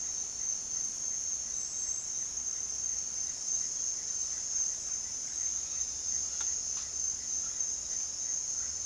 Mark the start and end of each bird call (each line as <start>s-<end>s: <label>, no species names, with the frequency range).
5.29s-7.03s: bird call (0.8-3.5 kHz)